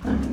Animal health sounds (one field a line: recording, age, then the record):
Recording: pig call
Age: growing-finishing pig (85 days or more)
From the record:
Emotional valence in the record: negative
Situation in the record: barren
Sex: female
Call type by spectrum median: low-frequency call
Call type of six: low-frequency stable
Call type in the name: low-frequency stable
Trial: 3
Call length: 0.33 s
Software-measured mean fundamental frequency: 66 Hz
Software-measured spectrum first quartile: 150 Hz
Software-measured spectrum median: 243 Hz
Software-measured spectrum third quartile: 408 Hz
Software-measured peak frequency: 247 Hz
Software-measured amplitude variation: 156 dB a second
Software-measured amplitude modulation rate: 24.4 a second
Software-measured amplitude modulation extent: 6.4 dB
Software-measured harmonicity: 1.4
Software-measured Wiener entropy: -0.67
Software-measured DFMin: 910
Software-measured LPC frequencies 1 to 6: 1594, 2919, 4610, 5463, 6192, 6827 Hz